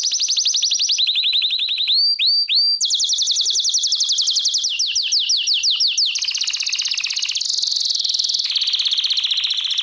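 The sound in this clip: American Singer canary song: continuous fast trills stepping between pitches, a few quick looping whistles, sweeping slurred notes, and high rolling tours throughout.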